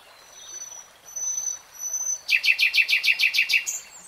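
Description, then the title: Nightingale singing: a few thin, high drawn-out whistles, then a loud, rapid, evenly spaced series of sharp notes. Singing in real time. "[Tiếng chim hót] 3 Hours REALTIME Nightingale Singing"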